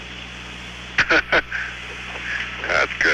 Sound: laughter